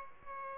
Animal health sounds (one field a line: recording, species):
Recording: mosquito wingbeat signal from an infrared sensor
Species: Aedes albopictus